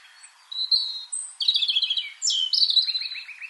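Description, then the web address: European robin song: a thin, high warbled phrase of sliding whistles and trills, ending in a quick run of lower rattling notes, with brief pauses between parts. "SETE data Erithacus rubecula"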